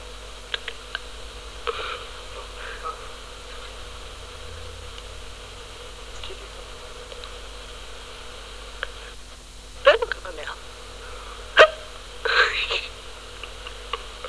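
Over a steady low hum, a few brief, sharp, irregularly spaced gulping clicks: an adult's hiccups.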